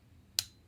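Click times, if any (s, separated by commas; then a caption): 0.4 s. The manual safety lever on a new steel-framed 9mm FN High-Power pistol is swept off (disengaged), and its small detent gives a single sharp, bright click at 0.4 s that fades quickly over a quiet background. The click confirms the safety has snapped off into its detent with a positive pop; when the safety is engaged instead, the detent can hardly be heard.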